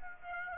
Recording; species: mosquito wingbeat signal from an infrared sensor; Aedes aegypti